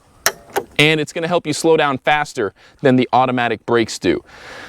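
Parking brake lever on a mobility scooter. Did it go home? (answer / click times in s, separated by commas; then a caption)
yes / 0.3 s. On a Silverado Extreme mobility scooter, the parking brake lever locks into place with a sharp click at 0.3 s, followed by a softer click at 0.6 s. Someone then talks for the rest of the clip.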